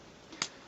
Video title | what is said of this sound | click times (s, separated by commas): Transformers Fansproject XFIRE Munitioner And Explorer Review | just uh rotate them out and you can hear them clicking into place like so you got to be careful cuz they're on ball joints and it sounds like they're going to break but | 0.4 s